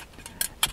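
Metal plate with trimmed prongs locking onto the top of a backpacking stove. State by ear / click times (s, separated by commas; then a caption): seated / 0.6 s. A metal plate with trimmed locking prongs is set on top of a metal Simple Theory Gear Pack backpacking stove body and turned into its lock. Light metal-on-metal ticks at about 0.3 and 0.4 seconds lead to a sharper click at 0.6 seconds as the plate locks into place. The plate is seated, and it still locks just fine despite the trimmed prongs.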